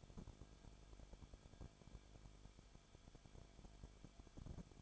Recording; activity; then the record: daily activity, microphone in the room; no activity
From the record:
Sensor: 5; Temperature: 20.4 degrees Celsius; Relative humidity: 39.7%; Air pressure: 1010.8 hPa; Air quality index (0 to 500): 165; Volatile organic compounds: 15 ppm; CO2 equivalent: 2500 ppm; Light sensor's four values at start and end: 2/3/1/1 and 2/3/1/1